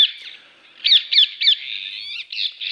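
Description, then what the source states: Rose-ringed Parakeet calls: harsh, high screeching notes, a quick run of three squawks in the middle followed by longer raspy shrieks. Non-native bird that has immigrated; in Mannheim it sounded like this in the evenings.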